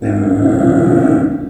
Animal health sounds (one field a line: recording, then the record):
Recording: squeal of a Yucatan mini pig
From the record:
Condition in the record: after surgery on the right vocal fold (resection and tissue-engineered implant)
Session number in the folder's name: 3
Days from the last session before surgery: 21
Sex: female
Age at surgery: 19 weeks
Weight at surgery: 25 kg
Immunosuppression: prednisolone